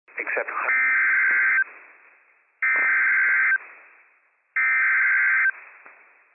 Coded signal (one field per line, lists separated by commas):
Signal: Emergency Alert System (SAME) tones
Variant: header bursts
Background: speech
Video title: Flash Flood Warning for the Schneider Springs Burn Scar - WWF56 - EAS #311 - 2:03 PM PDT *5/16/23*